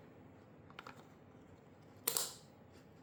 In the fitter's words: You hear that audible click, it is now locked in.